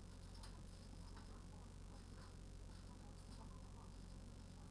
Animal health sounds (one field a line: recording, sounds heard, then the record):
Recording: poultry house recording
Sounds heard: healthy chickens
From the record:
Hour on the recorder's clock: 18